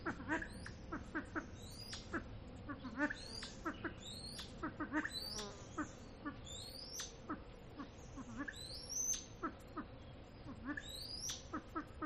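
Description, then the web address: Silver pheasant clucking: rapid low throaty notes in uneven bursts, mixed with high thin squealing whistles that rise sharply, over steady background hum. "kvasovets audio lophura-nycthemera-sound"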